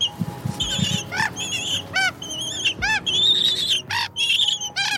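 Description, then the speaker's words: Little penguin chick peeping: a run of squeaky peeps rising and falling in pitch, with short gaps between. A 32-day-old chick of unknown sex in an enclosure in New Zealand, recorded with the microphone up to its beak; peeping noises. "I lean in and put my microphone up to its tiny beak."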